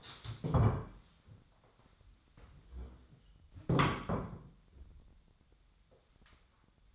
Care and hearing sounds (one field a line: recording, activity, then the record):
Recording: daily activity, microphone in the room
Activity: stand up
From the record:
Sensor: 3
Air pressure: 1015.2 hPa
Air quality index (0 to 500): 144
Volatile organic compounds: 8 ppm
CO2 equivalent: 2042 ppm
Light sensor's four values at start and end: 15/38/15/16 and 15/38/15/16